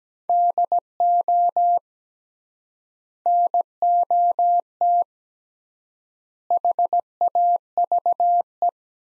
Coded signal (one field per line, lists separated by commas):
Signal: Morse code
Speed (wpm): 17 wpm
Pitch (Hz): 700 Hz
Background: none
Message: DO NOT HAVE